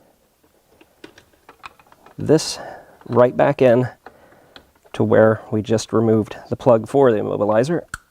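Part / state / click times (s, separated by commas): remote start T-harness plug into the vehicle immobilizer connector / not seated / none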